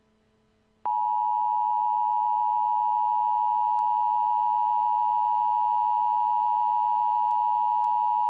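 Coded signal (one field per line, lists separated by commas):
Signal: Emergency Alert System (SAME) tones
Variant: 853 and 960 Hz attention tone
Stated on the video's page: Fictional EAS scenario.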